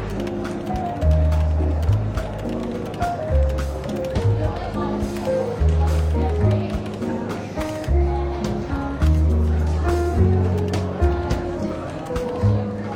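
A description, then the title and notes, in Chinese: Soft, relaxed jazz plays steadily beneath the light murmur of a bookshop café, with a walking bass line and mellow chords moving at an easy, even pace. Scattered voices and small clinks and taps come and go throughout. 伦敦书店咖啡馆轻微喧闹氛围与柔和轻松的爵士背景音乐。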